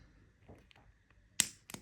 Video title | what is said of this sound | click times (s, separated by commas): Kaweco favorite specialty pencil options | back in sorry there we go there's the click | 1.4 s